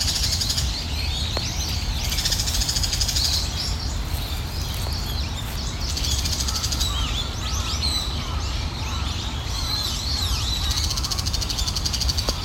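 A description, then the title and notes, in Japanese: Birds chirp and chatter busily throughout, their bright calls layered over a steady low rush of flowing water in a morning park. 公園の朝散歩より604カタカタ鳴く鳥。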